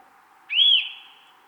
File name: Sitta europaea